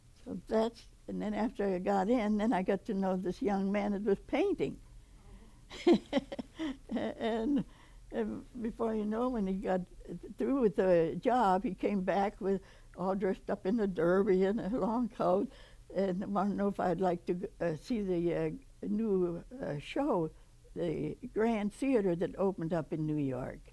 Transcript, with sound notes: So that's — and then after I got in, then I got to know this young man that was painting.
Oh.
[laughs] And before you know, when he got through with the job he came back with — all dressed up in a derby and a long coat and wanted to know if I'd like to see the new show, the Grand Theater that opened up in New York.